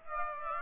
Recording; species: mosquito wingbeat signal from an infrared sensor; Aedes aegypti